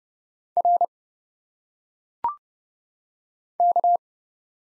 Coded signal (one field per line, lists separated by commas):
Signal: Morse code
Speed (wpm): 29 wpm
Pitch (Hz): 700 Hz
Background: none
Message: R K